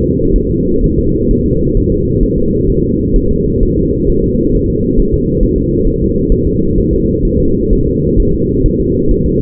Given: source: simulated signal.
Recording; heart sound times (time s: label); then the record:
fetal heart sounds
0.02 s: S2
0.36 s: S1
0.51 s: S2
0.84 s: S1
0.99 s: S2
1.31 s: S1
1.46 s: S2
1.77 s: S1
1.92 s: S2
2.23 s: S1
2.38 s: S2
2.70 s: S1
2.84 s: S2
3.16 s: S1
3.31 s: S2
3.63 s: S1
3.78 s: S2
4.09 s: S1
4.24 s: S2
4.55 s: S1
4.70 s: S2
5.00 s: S1
5.14 s: S2
5.43 s: S1
5.58 s: S2
5.87 s: S1
6.02 s: S2
6.32 s: S1
6.47 s: S2
6.78 s: S1
6.93 s: S2
7.25 s: S1
7.40 s: S2
7.73 s: S1
7.87 s: S2
8.20 s: S1
8.34 s: S2
8.66 s: S1
8.81 s: S2
9.11 s: S1
9.26 s: S2
From the record:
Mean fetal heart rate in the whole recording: 130 bpm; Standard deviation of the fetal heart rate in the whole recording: 4 bpm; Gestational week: 38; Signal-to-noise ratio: -15.3 dB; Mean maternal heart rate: 72 bpm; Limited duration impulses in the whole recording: present